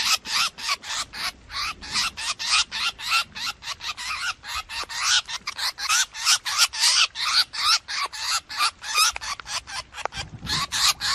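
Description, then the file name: Drongo distress calls: a long, unbroken run of scratchy, harsh notes, roughly three per second, varying slightly in loudness. Distress call (calling for help), used for luring. "Tieng cheo beo keu cuu"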